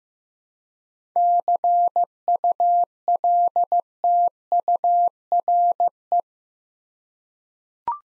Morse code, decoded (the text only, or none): CULTURE